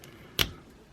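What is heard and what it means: An extendable limb joint on a die-cast and plastic Chogokin Silver Rathalos (Henkei Liolaeus) transforming dragon figure is extended until a small tab locks it in place. A sharp click sounds at 0.4 s, and the joint is seated, locked in its extended position.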